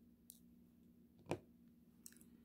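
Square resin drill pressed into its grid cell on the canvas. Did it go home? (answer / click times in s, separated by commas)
yes / 0.3 s, 1.3 s, 2.1 s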